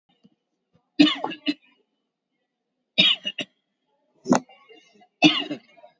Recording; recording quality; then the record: heavy voluntary cough; excellent, no background noise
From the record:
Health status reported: COVID-19 positive, moderate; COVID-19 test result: positive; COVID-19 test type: RT-PCR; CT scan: taken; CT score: 15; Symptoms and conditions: cough, cold, fever, muscle pain, loss of smell and taste, diarrhoea, another condition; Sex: male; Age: 55 years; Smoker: no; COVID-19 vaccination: none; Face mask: worn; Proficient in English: yes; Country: India